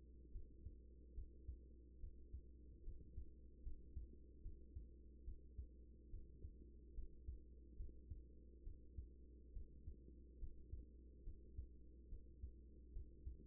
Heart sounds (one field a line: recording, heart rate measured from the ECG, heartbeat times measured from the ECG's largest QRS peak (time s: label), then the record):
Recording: heart sounds by stethoscope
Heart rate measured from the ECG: 71 bpm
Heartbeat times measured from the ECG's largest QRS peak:
0.31 s: heartbeat
1.14 s: heartbeat
2.00 s: heartbeat
2.83 s: heartbeat
3.63 s: heartbeat
4.42 s: heartbeat
5.24 s: heartbeat
6.10 s: heartbeat
6.94 s: heartbeat
7.76 s: heartbeat
8.63 s: heartbeat
9.53 s: heartbeat
10.38 s: heartbeat
11.23 s: heartbeat
12.08 s: heartbeat
12.92 s: heartbeat
From the record:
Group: healthy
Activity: rest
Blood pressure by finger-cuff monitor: 111/63 mmHg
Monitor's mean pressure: 81 mmHg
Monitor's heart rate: 71 bpm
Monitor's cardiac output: 6.2 L/min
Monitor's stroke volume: 87 mL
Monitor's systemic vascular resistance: 950 dyn s/cm5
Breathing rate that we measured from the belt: 17 breaths a minute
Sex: female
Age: 24 years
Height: 163 cm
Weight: 55.7 kg